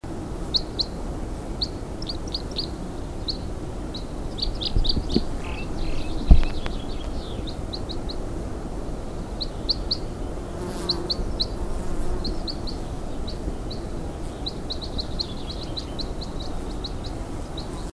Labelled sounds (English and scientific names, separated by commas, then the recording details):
Red Crossbill (Loxia curvirostra) call
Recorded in the wild
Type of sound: call
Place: Rauriser Urwald, AT
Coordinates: 47.0647, 12.9878
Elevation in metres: 1700
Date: 1992-06-28
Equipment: Sony TCD-D3, Sennheiser MKE2 in Doppel-Parabolreflektor
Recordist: Krey, Winfried
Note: Rufe